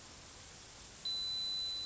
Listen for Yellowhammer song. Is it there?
no